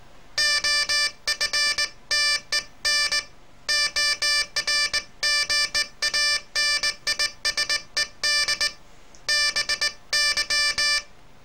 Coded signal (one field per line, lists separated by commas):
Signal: Morse code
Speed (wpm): 19 wpm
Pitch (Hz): 1750 Hz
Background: music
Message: OFTEN ORGANISED BY